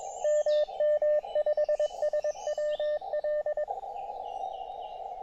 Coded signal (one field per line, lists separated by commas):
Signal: Morse code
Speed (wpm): 22 wpm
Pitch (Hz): 600 Hz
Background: radio noise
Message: MM5SWL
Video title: A Tiny Operating Spot on the River Tweed Estuary – 5W QRP POTA!